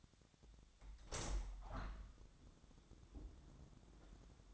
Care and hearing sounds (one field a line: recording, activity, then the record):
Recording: daily activity, microphone in the room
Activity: open window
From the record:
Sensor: 3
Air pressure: 1006.7 hPa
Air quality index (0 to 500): 199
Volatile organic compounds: 16 ppm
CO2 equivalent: 2535 ppm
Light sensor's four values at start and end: 9/23/9/9 and 10/24/10/10